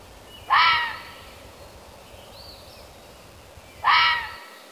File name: Fisher cat sound